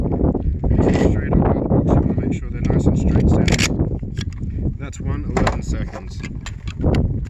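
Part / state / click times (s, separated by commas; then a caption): pistol magazine into speed loader base / seated / 7.0 s. Someone talks while rounds are handled with a series of light clicks and rattles. The next pistol magazine is then pushed into a speed loader base and seats with a sharp click at 7.0 seconds.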